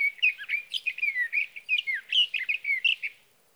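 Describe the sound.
Sage thrasher song: a rapid, continuous warble of varied whistled and buzzy notes, high-pitched and jumbled, running unbroken for about three seconds on a quiet background.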